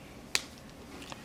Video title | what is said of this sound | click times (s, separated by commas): Bandai Saint Seiya Gold Sagittarius toy review | that snaps on. | 0.4 s